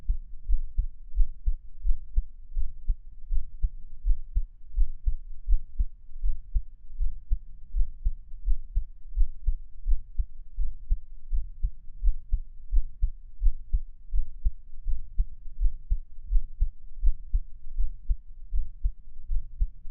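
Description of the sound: Heart sounds heard close up: a normal adult heartbeat, regular low thumps at about 83 beats per minute, with no talking.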